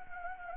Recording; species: mosquito wingbeat signal from an infrared sensor; Anopheles gambiae